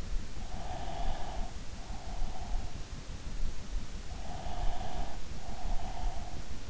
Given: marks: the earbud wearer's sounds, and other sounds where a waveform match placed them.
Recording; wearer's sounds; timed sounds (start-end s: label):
sounds in sleep by an in-ear microphone; breath
0.01-2.67 s: breath
4.04-6.63 s: breath